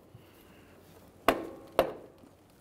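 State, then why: Seated. An electrical connector is slid straight into a new blower motor resistor on a 1998-2011 Ford Ranger. Two sharp clicks sound at about 1.3 s and 1.8 s as the top and bottom locks catch, each ringing out briefly over quiet background noise. The connector is fully seated.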